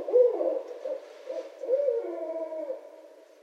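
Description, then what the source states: Barred owl giving a series of low, wavering hoots, loud at first and then a longer drawn-out hooting phrase that fades toward the end. Recorded on 26 February 2012.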